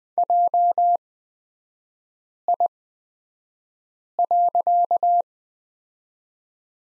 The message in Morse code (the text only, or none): JI.